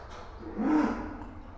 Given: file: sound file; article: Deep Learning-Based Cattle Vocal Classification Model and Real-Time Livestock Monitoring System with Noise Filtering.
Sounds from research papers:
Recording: cattle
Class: cough sound

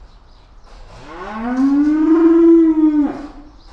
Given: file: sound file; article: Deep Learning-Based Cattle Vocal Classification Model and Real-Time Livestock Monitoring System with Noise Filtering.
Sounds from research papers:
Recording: cattle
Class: estrus call

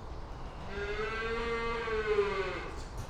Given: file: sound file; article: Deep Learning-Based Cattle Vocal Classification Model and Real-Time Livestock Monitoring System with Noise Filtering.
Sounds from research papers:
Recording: cattle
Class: normal call

